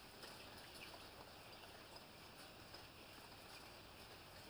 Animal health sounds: poultry house recording; healthy chickens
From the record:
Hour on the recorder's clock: 2

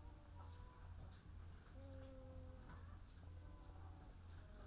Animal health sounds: poultry house recording; sick chickens (respiratory disease)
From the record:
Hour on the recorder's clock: 15

